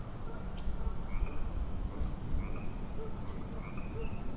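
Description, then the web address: Frogs calling in a thin chorus, scattered short chirps and croaks over a low rumbling background. Frog chorus at Grafton Lake, recorded 3 May 2009. "The Frog Chorus Tunes Up On Grafton Lake frogs 090503"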